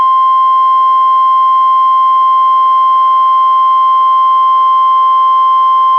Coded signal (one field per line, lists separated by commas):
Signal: Emergency Alert System (SAME) tones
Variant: 1050 Hz attention tone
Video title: EAS #367-372: 6 NWR Required Weekly Tests- Jan. 22-Feb. 26, 2020